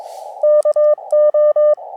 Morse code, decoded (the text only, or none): KO